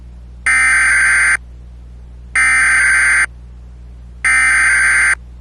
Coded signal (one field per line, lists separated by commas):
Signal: Emergency Alert System (SAME) tones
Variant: header bursts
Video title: Strange Comcast EAS Interruption (2023)